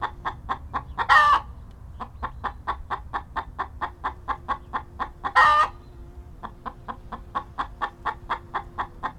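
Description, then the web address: Chicken clucking in a rapid, steady series of short pulses, broken by two loud, harsh squawks near the start and middle. "Tom Hutchings Chicken Cluck and Squawks"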